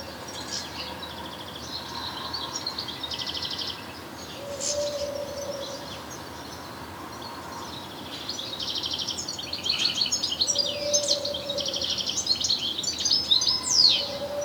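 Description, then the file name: European goldfinch giving rapid liquid twitters and tinkling trills that grow busier toward the end, over a low droning tone heard three times. "Carduelis carduelis"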